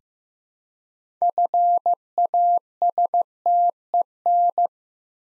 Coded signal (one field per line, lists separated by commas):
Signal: Morse code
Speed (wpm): 15 wpm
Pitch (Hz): 700 Hz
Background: none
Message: FASTEN